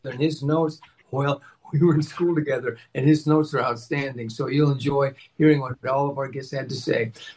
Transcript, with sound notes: And his notes, well, (laughs) we were in school together and his notes are outstanding. So you'll enjoy hearing what all of our guests had to say.